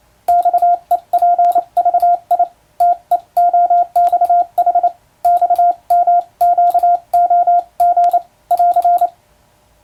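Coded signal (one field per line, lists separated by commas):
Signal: Morse code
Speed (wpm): 28 wpm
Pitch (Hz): 700 Hz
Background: radio noise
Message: XEPVI TEOXH XMQOG <AR>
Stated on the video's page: Morse sending practice on a telegraph key, using a European-language telegram sending practice book.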